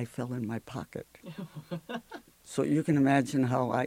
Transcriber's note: laughs